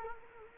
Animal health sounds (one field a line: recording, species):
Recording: mosquito wingbeat signal from an infrared sensor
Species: Culex quinquefasciatus